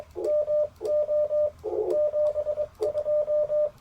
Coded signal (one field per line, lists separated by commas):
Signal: Morse code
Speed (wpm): 23 wpm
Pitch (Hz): 600 Hz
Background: radio noise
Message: MO 72